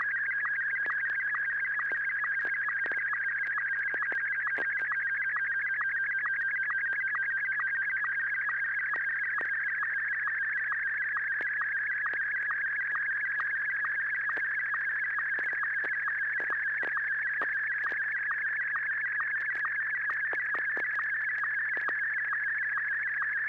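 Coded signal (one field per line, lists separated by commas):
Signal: SSTV (slow-scan television)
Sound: steady warbling whistle shifting pitch, with fast regular clicks throughout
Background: low hum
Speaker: This is Kilo India 1 Tango Tango Yankee.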